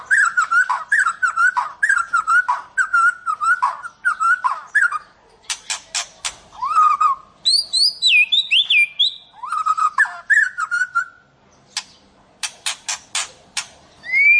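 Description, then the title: White-rumped shama song: a string of repeated looping whistles, then dry ticking bursts and high sweeping notes, mixed phrases continuing throughout. "Kicau Murai Batu"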